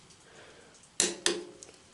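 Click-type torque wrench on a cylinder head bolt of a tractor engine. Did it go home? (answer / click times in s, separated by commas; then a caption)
yes / 1.0 s. A click-type torque wrench is pulled on a cylinder head bolt of a Farmall Super M tractor engine set to 50 and clicks at 1.0 s, confirming the bolt has reached the setting. A second sharp click follows at 1.3 s, then a faint tick at 1.6 s over a quiet background.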